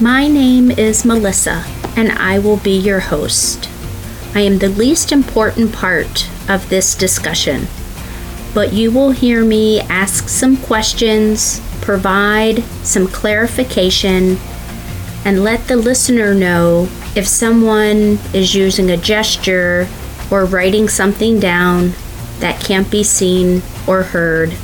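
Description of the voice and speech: A single adult woman speaks in clear, fluent, steady sentences at a relaxed pace with few pauses, introducing herself as the host of a discussion. Her voice is mid-pitched and smooth, with no hoarseness, slurring or hesitations: ordinary, normal speech.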